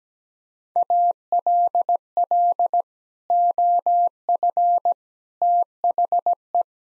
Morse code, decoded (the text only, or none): ALL OF THE